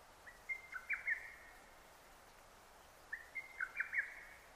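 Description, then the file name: Lesser cuckoo song: two emphatic phrases, each a quick stuttering run of notes, separated by about two seconds of quiet. Recorded 6 June 2009. "hototogisu 20090606"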